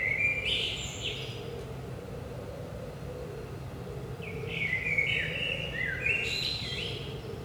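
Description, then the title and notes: Common blackbird singing a rich warbled phrase, then another after a pause, both tailing off into high scratchy notes over a steady low drone. Recorded at 5 am, early morning, in Saint-Gilles, Belgium, with a DPA 4060 pair in AB position into a Zoom F3. "Saint-Gilles, Belgique - 5am Blackbird. Blackbird in the morning. Merle au petit matin"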